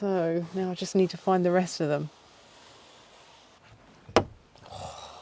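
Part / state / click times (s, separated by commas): window shade retaining clip into van window trim / seated / 4.2 s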